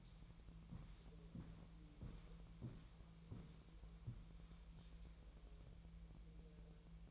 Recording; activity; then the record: daily activity, microphone in the room; walk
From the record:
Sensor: 1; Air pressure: 1002.0 hPa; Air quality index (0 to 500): 238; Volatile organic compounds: 95 ppm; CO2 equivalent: 3720 ppm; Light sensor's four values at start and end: 8/20/8/9 and 8/19/8/9